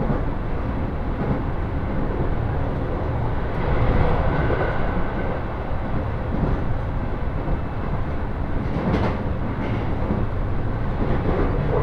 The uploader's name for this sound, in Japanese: 仙石東北ライン快速 高城町→仙台